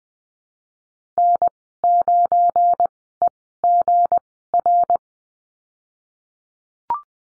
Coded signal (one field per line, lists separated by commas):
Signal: Morse code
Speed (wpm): 19 wpm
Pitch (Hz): 700 Hz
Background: none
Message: N9EGR